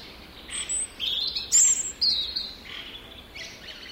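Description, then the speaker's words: European robin singing a short burst of high, tinkling notes. Singing, played as a background sound effect; the song is described as tinkling, like the forest's music box. "Siinä siis laulaa punarinta ja se on sellainen metsän soittorasia."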